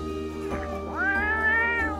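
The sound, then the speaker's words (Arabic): A cat in the street, being pestered by a boy, lets out one long, drawn-out meow that rises in pitch and then holds steady, sounding strained and insistent, over a constant low background hum. “وبينما أنا وجحا في حيرة من أمرنا، رأى جحا صبيا يزعج هرة في الشارع فظنه أدهم”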